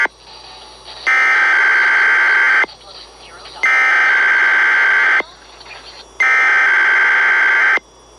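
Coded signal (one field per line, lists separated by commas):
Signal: Emergency Alert System (SAME) tones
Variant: header bursts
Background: speech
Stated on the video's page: Required Weekly Test on AM broadcast station at 1020 kHz.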